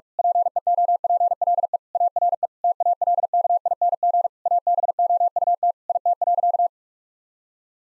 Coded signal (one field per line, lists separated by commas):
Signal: Morse code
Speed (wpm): 46 wpm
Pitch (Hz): 700 Hz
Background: none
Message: PEOPLE ARE TALKING ABOUT IT.